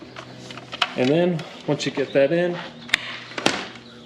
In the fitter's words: locks into place and you're good to go